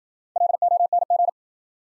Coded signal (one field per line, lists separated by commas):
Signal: Morse code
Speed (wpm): 53 wpm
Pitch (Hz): 700 Hz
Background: none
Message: LONG